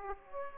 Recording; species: mosquito wingbeat signal from an infrared sensor; Aedes aegypti